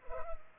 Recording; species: mosquito wingbeat signal from an infrared sensor; Culex pipiens